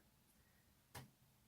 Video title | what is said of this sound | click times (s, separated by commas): The Best Leather Bands For The Gear S3 Pt 01 | to hear a snap okay so that one's on | 1.0 s